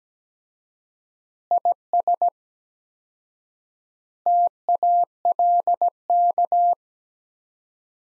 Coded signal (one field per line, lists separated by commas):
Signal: Morse code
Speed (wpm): 17 wpm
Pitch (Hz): 700 Hz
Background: none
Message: IS TALK